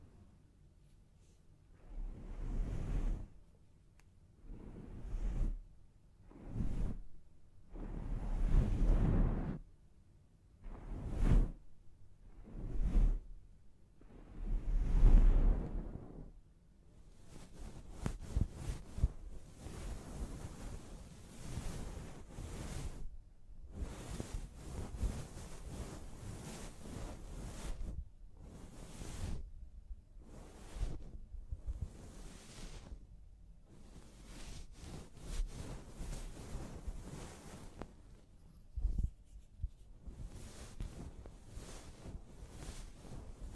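A scalp massage and hair wash. For the first fifteen seconds, separate soft swooshing strokes come every second or two and swell a little louder. After that they give way to a steady, dense crackling and rustling, like lathered hair being rubbed, that runs to the end.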